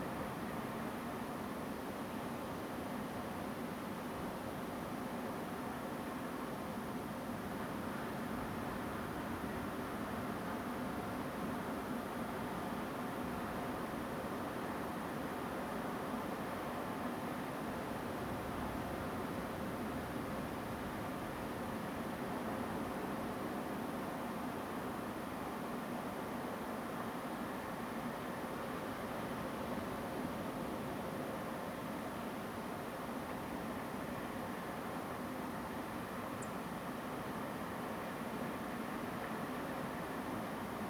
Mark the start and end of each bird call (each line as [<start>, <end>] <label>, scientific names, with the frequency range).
[36.41, 36.45] Turdus philomelos (6.6-10.0 kHz)